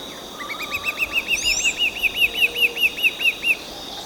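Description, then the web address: Yellow-cheeked becard giving a long series of many short whistled notes over background hiss. Recorded in Ecuador. "Natures Songs S America Birds of Ecuador Yellow-cheeked Becard"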